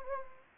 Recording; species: mosquito wingbeat signal from an infrared sensor; Anopheles gambiae